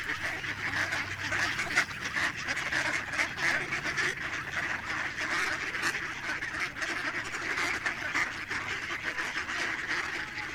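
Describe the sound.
Ducks in a noisy crowd, harsh nasal quacks tumbling over one another, a few louder calls standing out from the steady babble.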